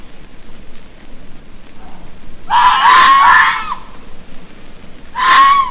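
Red fox giving a long hoarse scream lasting over a second, then a shorter scream at the end.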